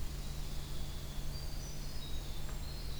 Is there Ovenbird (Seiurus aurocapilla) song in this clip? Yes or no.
no